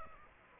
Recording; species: mosquito wingbeat signal from an infrared sensor; Aedes aegypti